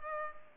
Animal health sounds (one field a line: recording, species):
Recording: mosquito wingbeat signal from an infrared sensor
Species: Culex pipiens